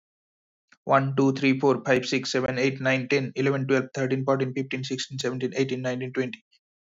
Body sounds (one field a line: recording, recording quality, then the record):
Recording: counting at a fast pace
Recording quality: excellent, no background noise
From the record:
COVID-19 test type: RT-PCR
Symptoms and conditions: cough, cold, sore throat, fatigue, loss of smell and taste, chronic lung disease, pneumonia, hypertension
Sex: male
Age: 23 years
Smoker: no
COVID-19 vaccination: both doses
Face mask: not worn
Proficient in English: yes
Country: India